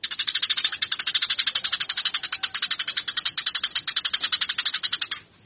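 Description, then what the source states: Eurasian tree sparrow: loud, harsh chattering of rapid, high, buzzy pulses running almost without break for five seconds. Used for fighting (tarung) training; local name burung gereja.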